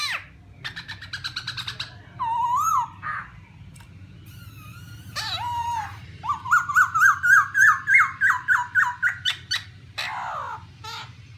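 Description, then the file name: Black-throated laughingthrush song: harsh squawks and buzzy notes, then a rapid run of rising whistled notes that step upward. "tieng khuou bac ma hot"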